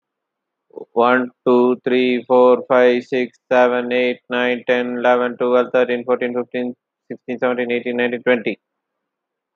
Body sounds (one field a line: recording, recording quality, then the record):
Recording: counting at a fast pace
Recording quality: excellent, no background noise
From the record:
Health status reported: healthy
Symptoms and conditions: none ticked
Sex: male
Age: 36 years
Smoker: not ticked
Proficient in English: yes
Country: India